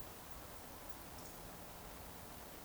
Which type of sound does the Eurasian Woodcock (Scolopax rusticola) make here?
whistle